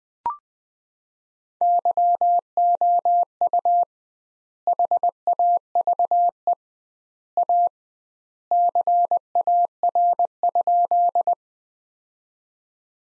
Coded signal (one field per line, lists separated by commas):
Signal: Morse code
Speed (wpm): 20 wpm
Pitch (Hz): 700 Hz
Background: none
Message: YOU HAVE A CAR?